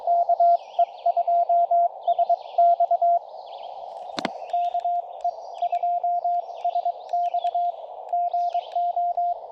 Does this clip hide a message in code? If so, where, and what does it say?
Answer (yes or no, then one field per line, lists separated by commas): yes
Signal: Morse code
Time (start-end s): 0.1-9.3 s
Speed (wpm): 22 wpm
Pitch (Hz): 700 Hz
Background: radio noise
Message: KE2SX KE2SX GO